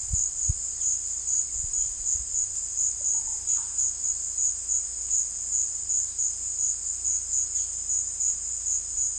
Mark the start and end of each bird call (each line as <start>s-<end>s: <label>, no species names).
3.11s-3.73s: bird call
5.99s-7.76s: bird call